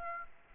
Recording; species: mosquito wingbeat signal from an infrared sensor; Aedes aegypti